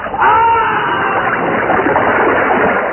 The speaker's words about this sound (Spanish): Solo una fracción de segundo tardó su cuerpo en golpear fuertemente contra el agua y pronto desapareció de la superficie.